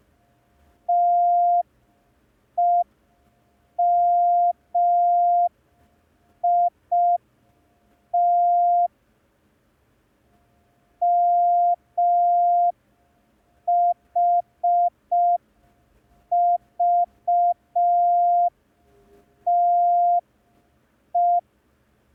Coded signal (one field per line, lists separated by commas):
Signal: Morse code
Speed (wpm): 5 wpm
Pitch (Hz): 700 Hz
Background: none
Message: TEMIT MHVTE